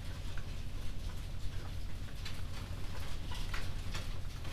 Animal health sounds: poultry house recording; healthy chickens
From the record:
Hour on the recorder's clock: 23

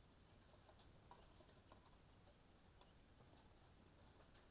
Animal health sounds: poultry house recording; healthy chickens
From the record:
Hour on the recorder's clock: 23

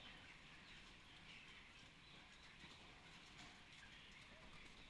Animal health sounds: poultry house recording; healthy chickens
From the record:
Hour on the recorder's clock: 10

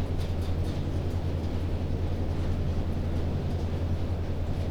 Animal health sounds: poultry house recording; no chicken sound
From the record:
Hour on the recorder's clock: 21

